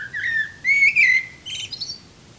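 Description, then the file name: Eurasian blackbird song: a smooth, mellow whistle, then a louder warbled note and a closing burst of thin, high squeaky twitters. "Turdus merula"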